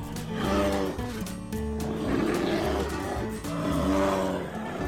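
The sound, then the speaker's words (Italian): A sleepy bear, near hibernation time, brought into a house, growls loudly in long, deep rumbling groans that rise and fall in pitch, with a rough, throaty texture running through almost five seconds. “Senti come muglia!”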